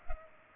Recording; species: mosquito wingbeat signal from an infrared sensor; Culex pipiens